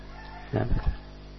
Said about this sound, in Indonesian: Tahu-tahu di waktu pagi hari, di subuh hari mulai timbul cahaya. Makhluk pun mulai bangun. Ayam berkokok.